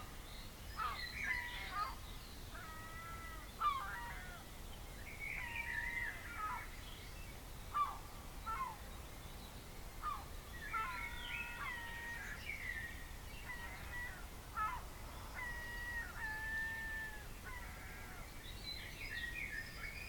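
A dawn chorus of birds calling and singing, with many overlapping whistles, chirps and short rising and falling notes in the mid and upper range. The calls come almost continuously through the twenty seconds, over a steady low rumble underneath.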